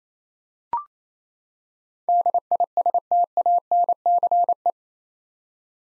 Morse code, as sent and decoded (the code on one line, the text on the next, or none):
-.. .. ... - .- -. -.-. .
DISTANCE